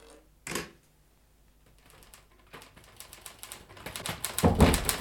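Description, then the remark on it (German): Typewriter keys clack, one sharp strike at first, then a pause before the typing resumes in quick, uneven bursts that grow denser and louder toward the end, with no voices. “Sie haben eine Schreibmaschine gefunden?”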